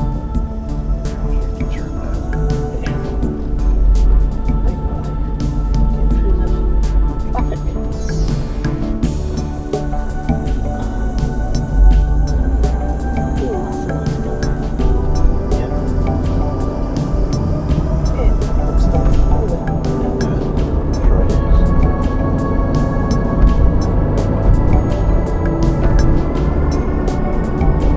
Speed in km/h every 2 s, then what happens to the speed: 15, 15, 16, 16, 10, 15, 23, 27, 35, 37, 45, 52, 53, 55.
0-6 steady at about 15. 6-9 slows to 10. 9-28 speeds up to 55.